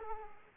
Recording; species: mosquito wingbeat signal from an infrared sensor; Aedes aegypti